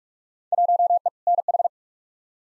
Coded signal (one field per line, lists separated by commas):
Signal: Morse code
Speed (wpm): 43 wpm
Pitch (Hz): 700 Hz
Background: none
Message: 1E NH